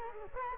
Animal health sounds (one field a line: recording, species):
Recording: mosquito wingbeat signal from an infrared sensor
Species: Culex quinquefasciatus